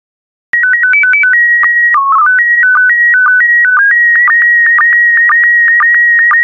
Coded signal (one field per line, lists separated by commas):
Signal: SSTV (slow-scan television)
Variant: PD 120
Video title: 146092 Monaco SSTV PD120